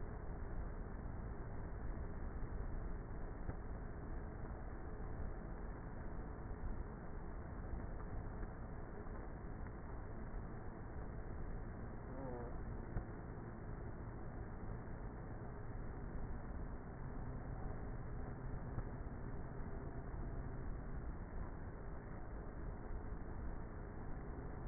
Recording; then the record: honeybee colony, microphone inside the hive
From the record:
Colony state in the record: queenless with a low population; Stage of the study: before two queens were removed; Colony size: about 30,000 bees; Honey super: no